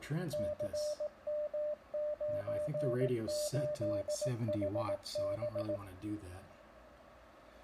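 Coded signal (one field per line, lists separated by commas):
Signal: Morse code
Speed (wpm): 18 wpm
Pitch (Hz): 600 Hz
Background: speech, radio noise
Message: CM98HB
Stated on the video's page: CW beacon generated by an Arduino on an Adafruit Trinket M0, keying an HF transceiver through its keyer port; for foxhunting and propagation testing.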